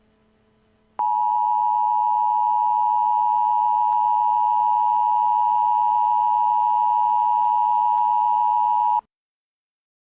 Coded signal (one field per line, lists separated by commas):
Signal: Emergency Alert System (SAME) tones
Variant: 853 and 960 Hz attention tone